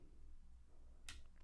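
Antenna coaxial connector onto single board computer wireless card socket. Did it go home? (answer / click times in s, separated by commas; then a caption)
yes / 1.1 s. A tiny coaxial antenna connector is pressed with a flat tool onto its socket on a single board computer's wireless card. One faint, sharp hit lands at 1.1 s over a low, steady background hum. No click was felt, but the connector is seated because it moves the same way an earlier connector did.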